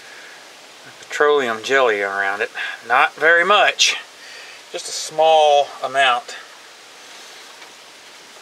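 A brake booster check valve with a small amount of petroleum jelly on its rubber grommet is handled and lined up at the booster before being pushed in, while someone talks over a steady background hiss. Nothing has clicked or seated yet.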